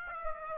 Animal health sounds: mosquito wingbeat signal from an infrared sensor; Aedes aegypti

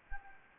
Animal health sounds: mosquito wingbeat signal from an infrared sensor; Anopheles gambiae

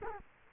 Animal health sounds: mosquito wingbeat signal from an infrared sensor; Culex quinquefasciatus

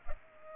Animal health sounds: mosquito wingbeat signal from an infrared sensor; Culex pipiens

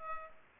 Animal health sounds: mosquito wingbeat signal from an infrared sensor; Aedes aegypti

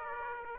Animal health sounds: mosquito wingbeat signal from an infrared sensor; Aedes aegypti

